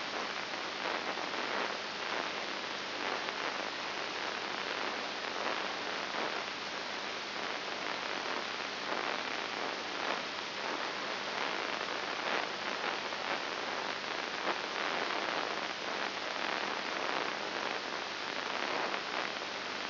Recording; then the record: brain microelectrode recording played as sound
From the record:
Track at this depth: inside the subthalamic nucleus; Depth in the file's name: 5.501 mm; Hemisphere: left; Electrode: 3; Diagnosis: Parkinson's disease